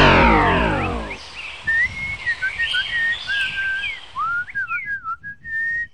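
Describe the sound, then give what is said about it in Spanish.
Eerie, bird-like whistling of the Pombero: a string of short, thin high notes that slide up and down in pitch, coming in quick irregular bursts after a brief low, harmonic drone fades at the start. “Silba. Silba.”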